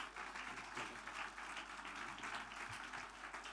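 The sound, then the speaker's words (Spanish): An audience at a church conference service applauding steadily as praise to the Lord, a dense, even wash of many hands clapping that holds at a constant level throughout, with no voices standing out. “Denle ese aplauso, alabanza al Señor.”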